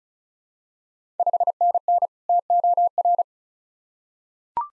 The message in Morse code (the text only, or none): 5NN TOR